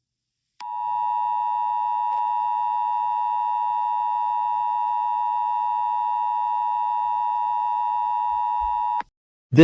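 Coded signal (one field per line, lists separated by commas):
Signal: Emergency Alert System (SAME) tones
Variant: 853 and 960 Hz attention tone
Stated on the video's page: Fictional EAS scenario, a simulated alert rather than a real broadcast.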